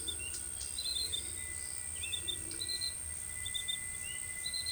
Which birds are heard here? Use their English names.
none